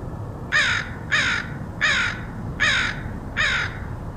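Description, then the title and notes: Crow giving five harsh, evenly spaced caws, roughly one every three quarters of a second, over faint background hiss. Crows recorded in Portland, Oregon, in August 2003. "Dronecast: Crows of Portland. Crows recorded by Dan Bodah in Portland, OR, August 2003"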